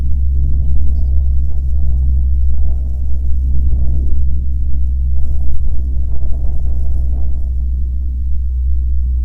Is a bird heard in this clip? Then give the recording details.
yes. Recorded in the Prudhoe Bay oil fields, Alaska, on 21 June 2019 at 09:44. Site 22